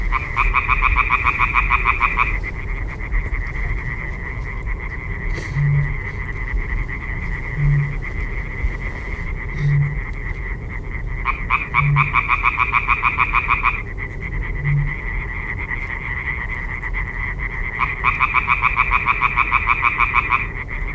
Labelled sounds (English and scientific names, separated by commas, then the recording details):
Common Tree Frog (Hyla arborea) call
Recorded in the wild
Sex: male
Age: adult
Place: Parsteiner See, Barnim, Brandenburg, DE
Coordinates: 52.9578, 13.9856
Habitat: reed
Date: 2006-05-09 21:58
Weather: klare Nacht, 15°C, schwacher bis mäßiger Nordwind
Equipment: Marantz PMD 660, Sennheiser MKH 70, Windkorb
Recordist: Frommolt, Karl-Heinz